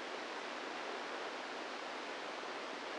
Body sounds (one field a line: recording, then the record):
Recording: brain microelectrode recording played as sound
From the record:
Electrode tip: inside the subthalamic nucleus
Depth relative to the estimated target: 0 mm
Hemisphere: right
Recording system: NeuroSet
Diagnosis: Parkinson's disease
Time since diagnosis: 10 years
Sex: female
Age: 45 years